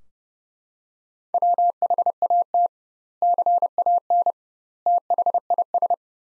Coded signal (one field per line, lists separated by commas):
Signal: Morse code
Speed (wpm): 32 wpm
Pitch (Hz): 700 Hz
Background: none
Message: WHAT CAN THIS